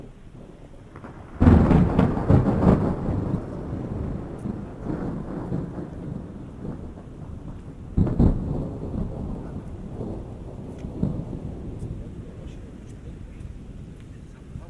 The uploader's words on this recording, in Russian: Саундскейп - погружение в атмосферу Горного Дагестана. Прогуляйся по высокогорному селу Гуниб. Послушай раскаты грома, шум дождя, звуки бегущей воды.